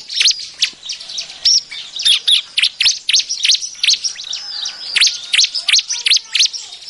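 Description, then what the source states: Bar-winged prinia calls: a dense stream of high, sharp chirps and short slurred notes, steady and busy throughout. Lure calls used to attract other birds.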